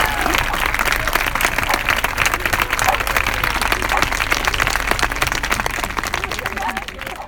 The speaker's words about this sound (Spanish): ¡Y lo tienen en el aplauso para las sin papeles!